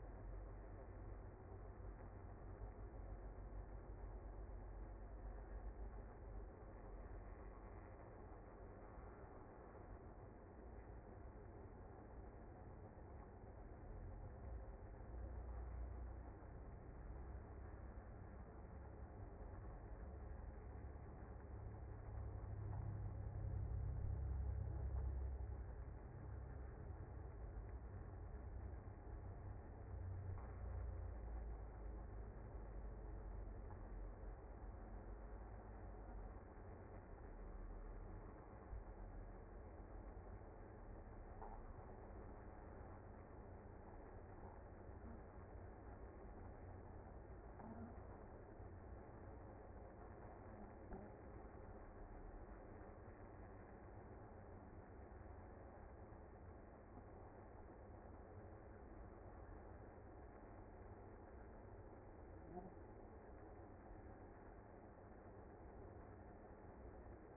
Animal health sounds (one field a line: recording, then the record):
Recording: honeybee colony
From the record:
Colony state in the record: active